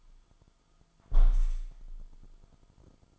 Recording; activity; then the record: daily activity, microphone in the room; close window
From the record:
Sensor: 5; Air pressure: 1004.7 hPa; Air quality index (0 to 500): 84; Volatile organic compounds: 2 ppm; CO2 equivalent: 1012 ppm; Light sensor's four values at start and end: 34/79/32/31 and 34/79/32/31